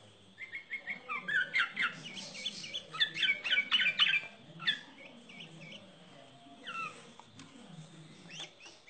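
Bird giving a jumble of quick chirps and squeaky notes, busiest in the first half, then thinning to scattered calls over a low background hum.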